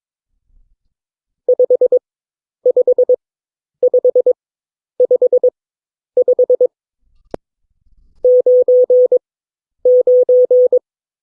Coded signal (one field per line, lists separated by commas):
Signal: Morse code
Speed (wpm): 21 wpm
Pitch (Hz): 500 Hz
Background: none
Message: 5 5 5 5 5 9 9